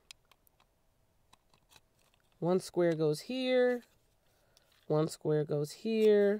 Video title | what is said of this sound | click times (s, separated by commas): Essential Vlogging Kit Unboxing - Gimbal -Lapel Mic | snap it into place one | 0.1 s